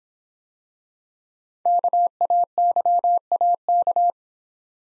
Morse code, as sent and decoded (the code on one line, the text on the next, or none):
-.- .- -.-- .- -.-
KAYAK